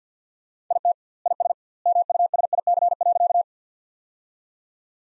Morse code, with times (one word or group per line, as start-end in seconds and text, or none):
0.7-0.9 IT
1.3-1.5 IS
1.9-3.4 MUSIC.